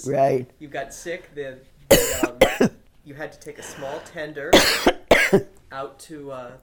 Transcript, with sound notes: Right.
You got sick. (coughs) You had to take a small tender (coughs) out to the ship.